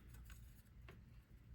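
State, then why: Not seated. While reassembling a Sony CMT-EX1 CD player, the plastic clips on the top and bottom of the housing that holds the power cable are pinched to close it. Brief handling ticks are heard near 0.3 and 0.9 seconds over a low background hum. Nothing has clicked or seated yet.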